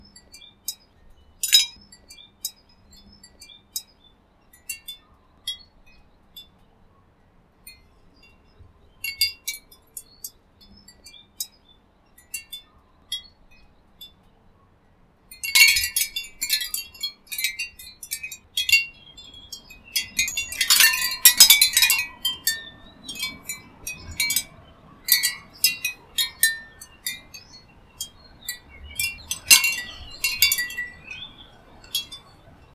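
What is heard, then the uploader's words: A shell chime clicks and clatters with bright, dry taps. For the first fifteen seconds the strikes come sparse and scattered, then the shells knock together far more densely and loudly, busiest around twenty seconds, and stay lively to the end. Shell Chime sound for relaxing ASMR.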